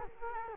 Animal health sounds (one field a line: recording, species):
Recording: mosquito wingbeat signal from an infrared sensor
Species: Culex quinquefasciatus